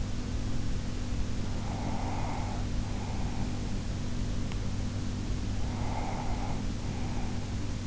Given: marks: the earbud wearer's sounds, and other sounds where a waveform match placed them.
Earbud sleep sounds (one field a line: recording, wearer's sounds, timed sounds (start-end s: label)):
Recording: sounds in sleep by an in-ear microphone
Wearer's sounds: breath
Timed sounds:
1.25-4.00 s: breath
5.33-7.87 s: breath